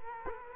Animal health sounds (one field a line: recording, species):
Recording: mosquito wingbeat signal from an infrared sensor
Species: Culex quinquefasciatus